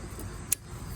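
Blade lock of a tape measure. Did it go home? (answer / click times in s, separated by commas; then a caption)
yes / 0.5 s. A tape measure is extended to measure a Stapelia gigantea starfish flower and its blade lock is pressed so the tape holds in place. A single sharp, bright click at 0.5 s stands out over a low, steady background hum. The lock engages.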